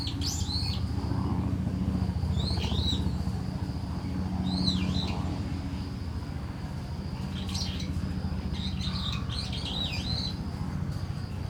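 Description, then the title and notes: Starling repeating squeaky, slurred chirps in groups, while crickets hum high and vehicles rumble low throughout. Singing in a tree, Kiyosumi garden, Tokyo, Japan; crickets and cars around; recorded binaurally with DPA 4060 mics in a bag onto a Deity PR-2. "Kiyosumi garden, Tokyo, Japon - Starling in a tree. Starling singing in a tree, crickets, cars, helicopter, people passing by. Un étourneau chante dans un arbre"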